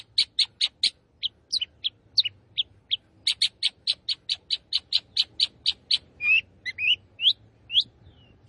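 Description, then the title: Long-tailed shrike song: rapid series of sharp high notes, some rising whistled phrases near the end. Singing lively (gacor). "Cendet Gacor"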